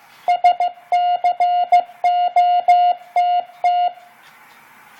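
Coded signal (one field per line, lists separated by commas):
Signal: Morse code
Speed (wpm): 15 wpm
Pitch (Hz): 710 Hz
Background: none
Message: SCOTT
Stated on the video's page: Morse code sent at 15 wpm.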